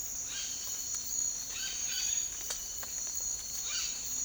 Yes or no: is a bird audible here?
yes